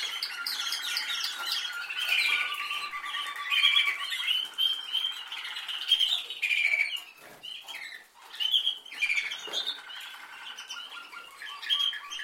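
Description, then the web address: Canary song, dense chattering trills and rapid chirps that shift between phrases, with a brief break near the middle. "Canari Seda Canari"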